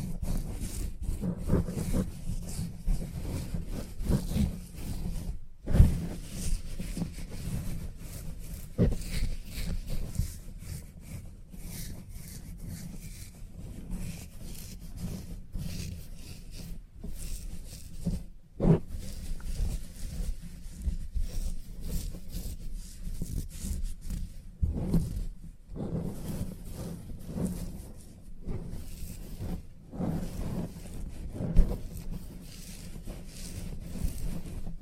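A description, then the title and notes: Salon head massage: steady, muffled rubbing and brushing of hands through hair, low and dense, with a soft rustle throughout. Brief pauses break the motion near 6, 18 and 25 seconds, and a few light taps stand out along the way. Salon Haircut Head Massage, Scissors and Clipper.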